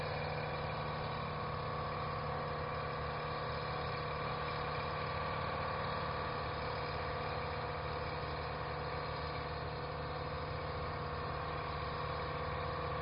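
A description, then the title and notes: Dock machinery runs steadily at a lake harbor, a constant engine-like drone. Deep, thick rumbling sits under fixed humming tones, with no breaks or changes across the whole stretch. Nothing sounds above the muffled machine noise. Dock machinery at the dock in Bayfield Wisconsin, on the shores of Lake Superior. Recorded on my H1n.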